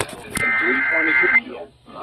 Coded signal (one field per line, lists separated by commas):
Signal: Emergency Alert System (SAME) tones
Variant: header bursts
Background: speech